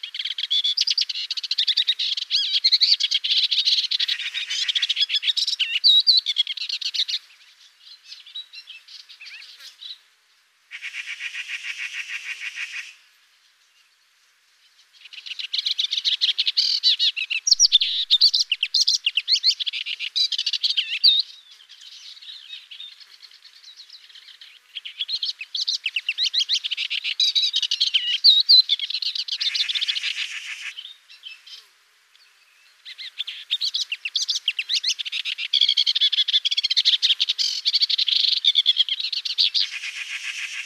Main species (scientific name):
Iduna rama